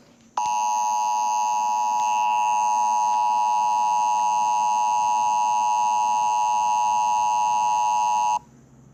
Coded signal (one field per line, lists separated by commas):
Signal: Emergency Alert System (SAME) tones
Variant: 853 and 960 Hz attention tone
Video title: Plotagon Channel Flash Flood Warning EAS, Memphis, Tennessee {April 19th 2018}